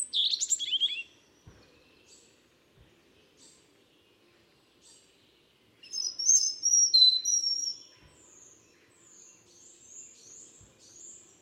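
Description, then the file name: European robin song: a high descending twittering phrase, then a pause with faint clicks, then a phrase of thin, high sliding whistles trailing off softly. "Erithacus rubecula"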